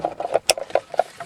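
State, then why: Seated. Wiring harness plugs are pushed back into their sockets on a Mazda 626 AC/heater control panel unit during reinstallation. A series of small plastic taps and rattles leads to a sharp, loud snap at 0.5 s as the connectors seat. No one talks.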